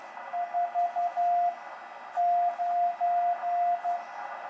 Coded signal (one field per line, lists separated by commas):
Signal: Morse code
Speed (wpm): 11 wpm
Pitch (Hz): 700 Hz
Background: radio noise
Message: 4 9